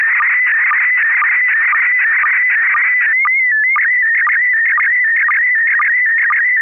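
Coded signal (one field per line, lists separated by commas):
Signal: SSTV (slow-scan television)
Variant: PD 120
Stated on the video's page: SSTV images exchanged on a weekly amateur net via an FM repeater on 441.300 MHz in Sacramento, California.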